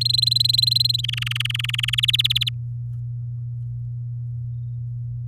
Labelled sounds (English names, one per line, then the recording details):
Domestic Canary song
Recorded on 8 May 2018 at 10:40
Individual llb16